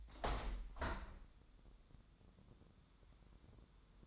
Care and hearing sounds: daily activity, microphone in the room; open window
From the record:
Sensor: 3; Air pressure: 1006.4 hPa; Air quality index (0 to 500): 188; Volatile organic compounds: 13 ppm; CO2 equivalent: 2391 ppm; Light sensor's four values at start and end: 10/23/9/9 and 10/24/10/10

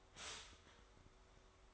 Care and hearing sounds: daily activity, microphone in the room; stop toaster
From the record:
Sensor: 3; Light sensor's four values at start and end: 4/10/4/4 and 4/10/4/4

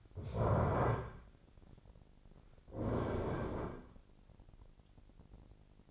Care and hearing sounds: daily activity, microphone in the room; stand up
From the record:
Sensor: 5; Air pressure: 1009.3 hPa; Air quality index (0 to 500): 156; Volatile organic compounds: 2 ppm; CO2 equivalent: 1196 ppm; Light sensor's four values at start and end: 221/530/224/243 and 223/536/227/246

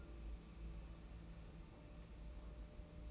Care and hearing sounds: daily activity, microphone in the room; take from stove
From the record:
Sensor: 1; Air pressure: 992.0 hPa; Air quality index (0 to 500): 217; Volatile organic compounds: 1000 ppm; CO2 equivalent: 8457 ppm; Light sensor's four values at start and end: 21/74/29/29 and 21/74/29/29

